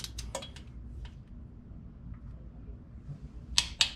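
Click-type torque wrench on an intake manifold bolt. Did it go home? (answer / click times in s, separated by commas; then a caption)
yes / 3.6 s, 3.8 s. A click-type torque wrench tightens an intake manifold bolt on an aluminum manifold to 192 in-lb (16 ft-lb), working from the inside out as is done on aluminum parts. A few light ticks sound at the start over a low steady hum, then two sharp, bright clicks come at 3.6 s and 3.8 s. The wrench clicks at its setting.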